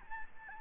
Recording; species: mosquito wingbeat signal from an infrared sensor; Aedes albopictus